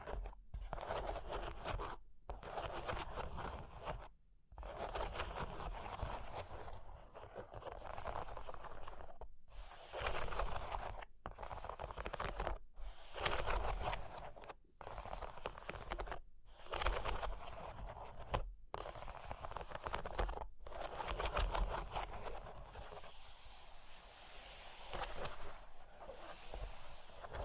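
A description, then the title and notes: Scratching and tracing on cork and wood, a dense, rough rubbing that runs in strokes of one to two seconds, broken by short silent gaps every few seconds. Each stroke wavers in pressure, and the last few seconds turn softer and more hissing. Cork and Wood Tapping, Scratching, Tracing.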